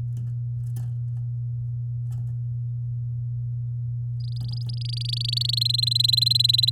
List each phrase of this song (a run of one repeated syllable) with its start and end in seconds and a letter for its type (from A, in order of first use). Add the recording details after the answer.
4.20-5.59 A, 5.61-6.70 B. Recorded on 9 May 2018 at 06:14. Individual llb16